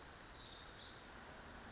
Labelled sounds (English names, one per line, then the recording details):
Pacific Wren
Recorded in Sonoma County, California